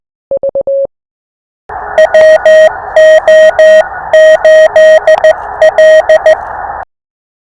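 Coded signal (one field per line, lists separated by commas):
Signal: Morse code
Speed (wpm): 14 wpm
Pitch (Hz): 1900 Hz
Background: none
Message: WO8L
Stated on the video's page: Real callsigns copied during a POTA park activation at Biscayne National Park, not computer generated.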